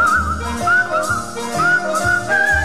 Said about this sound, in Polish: no to jest chyba jeden z najbardziej w ogóle znanych motywów z gwizdaniem.